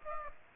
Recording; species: mosquito wingbeat signal from an infrared sensor; Aedes aegypti